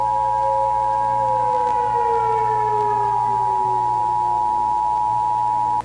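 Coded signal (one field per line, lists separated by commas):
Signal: Emergency Alert System (SAME) tones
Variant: 853 and 960 Hz attention tone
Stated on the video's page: Fictional end-of-world EAS scenario.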